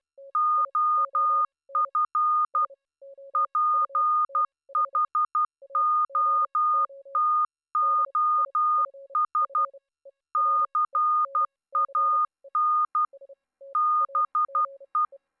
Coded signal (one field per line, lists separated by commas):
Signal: Morse code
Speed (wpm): 12 wpm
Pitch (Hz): 1220 Hz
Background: none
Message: OF PHOTOS CAN BE